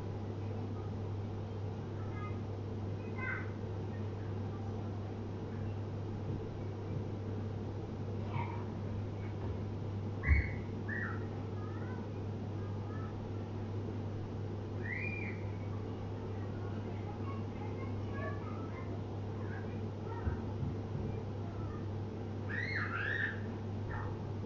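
Everyday household sounds: a steady low hum and rumble run unbroken through the whole stretch. Brief squeaky, voice-like chirps surface now and then, around 8, 15 and 23 seconds, and a single sharp knock lands near the 10-second mark.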